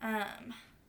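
A small plastic side guard blade is handled at the crossguard of a Kylo Ren Force FX Elite toy lightsaber hilt, where it is meant to be pushed and twisted until it locks, while someone talks briefly. Nothing has seated or clicked yet; the blade is not yet home.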